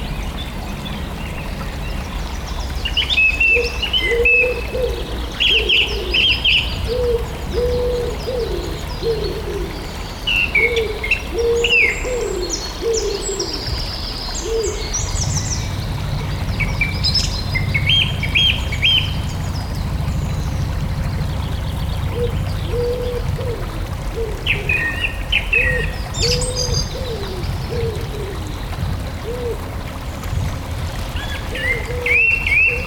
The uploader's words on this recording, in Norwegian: Lyden av måltrost, rødstrupe, gjerdesmett, løvsanger, ringdue og bokfink. Opptak av Halfdan Bleken. Sted: Maridalen, Oslo.